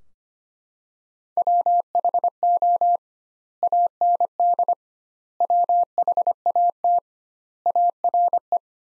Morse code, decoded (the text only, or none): WHO AND WHAT ARE